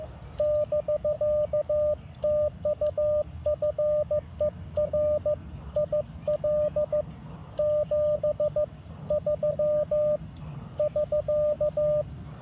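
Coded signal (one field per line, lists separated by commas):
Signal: Morse code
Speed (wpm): 15 wpm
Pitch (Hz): 600 Hz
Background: radio noise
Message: <BK> TU FER IL 73 <SK>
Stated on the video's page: CW during an Independence Day park activation with good propagation.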